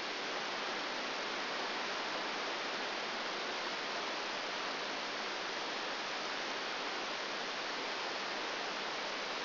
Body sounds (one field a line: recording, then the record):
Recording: brain microelectrode recording played as sound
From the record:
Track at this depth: outside the subthalamic nucleus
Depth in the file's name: 0.006 mm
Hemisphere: left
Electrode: 3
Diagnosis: Parkinson's disease